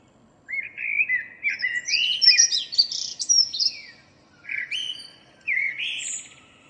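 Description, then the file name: Blackbird song: a long, flowing phrase of mellow fluted notes and high squeaks, followed by two shorter warbled fragments. "Turdus merula"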